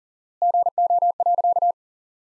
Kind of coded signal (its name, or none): Morse code